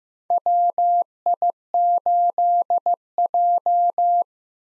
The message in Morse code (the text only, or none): WI8J